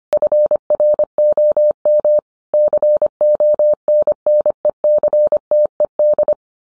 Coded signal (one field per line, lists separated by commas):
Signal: Morse code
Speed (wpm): 25 wpm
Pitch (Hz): 600 Hz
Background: none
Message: FROM CONNECTED